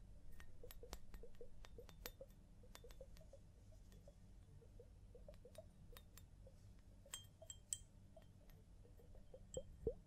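Scalp massage and hair wash, with frequent sharp clicks and small glassy clinks scattered irregularly over a steady low rumble throughout.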